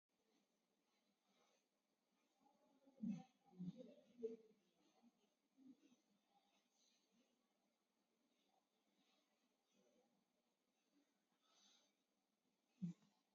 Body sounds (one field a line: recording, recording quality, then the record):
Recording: deep breathing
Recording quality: moderate, slight background noise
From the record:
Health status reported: COVID-19 positive, moderate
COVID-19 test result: positive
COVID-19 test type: RT-PCR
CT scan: taken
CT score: 12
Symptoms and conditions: cough, cold, breathing difficulty, fatigue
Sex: female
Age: 60 years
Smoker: no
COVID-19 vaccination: none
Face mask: worn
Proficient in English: yes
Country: India